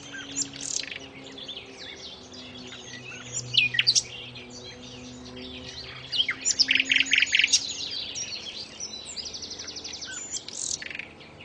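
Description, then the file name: Common nightingale singing dense, varied phrases: sharp chirps, quick sweeps and a fast buzzy trill near the middle, over a steady low hum. "suara burung nightingale om kicau"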